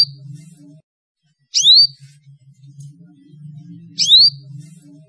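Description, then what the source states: Atlantic canary giving single sharp rising chirps, roughly two and a half seconds apart, with a faint low hum between them. Lure recording used for training birds.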